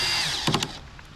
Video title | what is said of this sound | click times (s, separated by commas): My Top 10 Marine Electronics Installation Tips | you can hear that click okay once it clicks one or two times I know I'm done | 0.5 s, 0.6 s